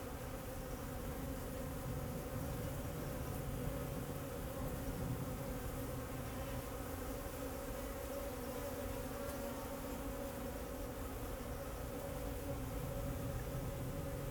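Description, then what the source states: Bees buzzing as a steady swarm hum, tones holding level for the whole stretch over a low background rumble. Bees flying around the recordist in Jacques Brelpark, Kersbeeklaan, Vorst, Belgium; train in background; recorded binaurally with a Sennheiser Ambeo binaural headset.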